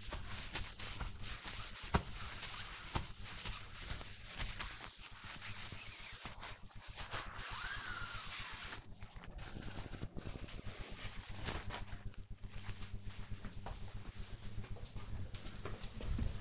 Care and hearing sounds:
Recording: household activities, microphone on the right wrist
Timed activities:
0.00-10.07 s: window cleaning

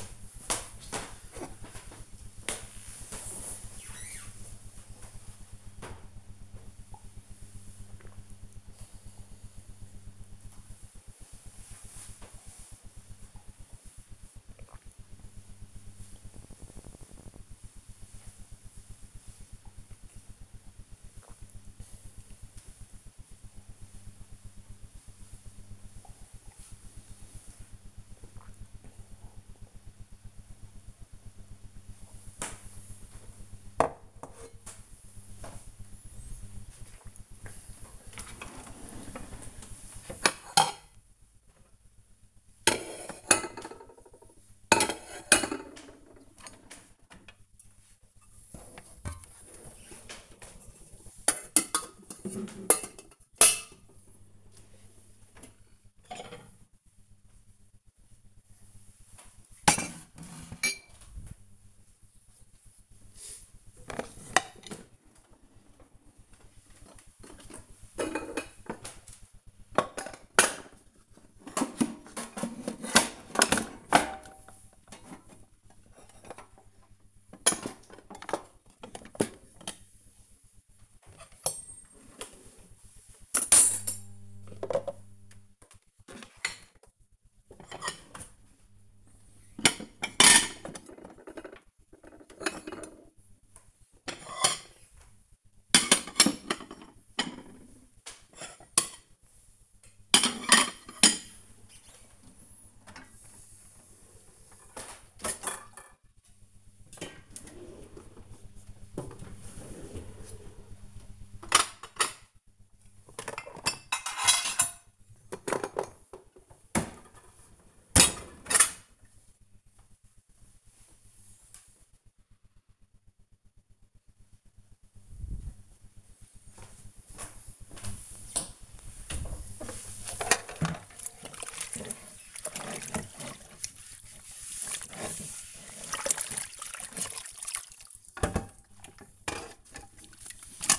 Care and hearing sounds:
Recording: household activities, microphone on the right wrist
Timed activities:
0.53-32.80 s: drinking
36.85-118.33 s: putting away the dishes
127.36-140.79 s: washing dishes

